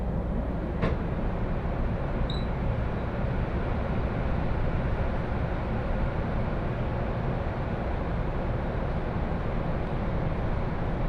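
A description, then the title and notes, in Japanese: A Joban Line local train runs steadily, filling the clip with a constant low rumble and hum that never rises or falls. Just before one second there is a sharp click, and around two seconds a brief high chirp sounds once over the drone. 耳で楽しむ鉄道旅 常磐線普通 石岡→土浦→取手。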